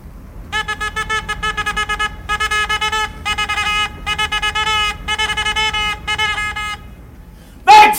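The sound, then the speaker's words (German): A coal train approaches on the closed left-hand track, its horn blaring in rapid, stuttering blasts grouped into several loud bursts over a low rumble, then breaking off before a brief sharp final sound. “Der Zug kommt auf dem linken Gleis.”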